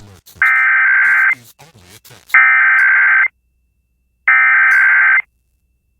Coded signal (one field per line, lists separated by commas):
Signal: Emergency Alert System (SAME) tones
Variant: header bursts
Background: speech